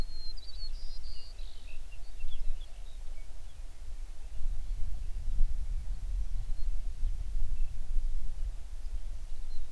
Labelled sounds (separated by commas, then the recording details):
songbird
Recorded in the Prudhoe Bay oil fields, Alaska, on 11 June 2019 at 05:04
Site 21